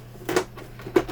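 Someone pushes the plastic rear case of a reassembled Samsung U32J590UQU monitor onto its metal frame, on the side that failed on the other unit. The clips snap into place at 0.3 s and 1.0 s, with a softer knock around 0.8 s. The case seats without problems.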